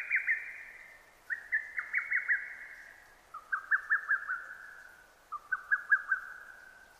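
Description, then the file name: Lesser cuckoo song: four quick whistled phrases, the later ones pitched slightly lower than the first. Recorded 6 June 2009. "hototogisu-20090606"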